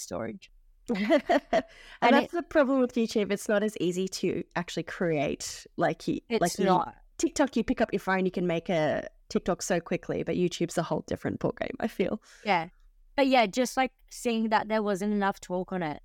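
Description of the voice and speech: An adult woman talks conversationally at a moderate pitch, fluently and at a natural pace, with brief pauses and a short interjection. Her voice is clear and steady, with no repeats, blocks, slurring or unusual voice quality. This is ordinary speech.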